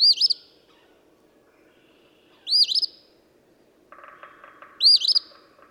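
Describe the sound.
Eastern phoebe giving three rough, burry phrases roughly every two and a half seconds; a softer rapid chatter starts before the last and continues past it.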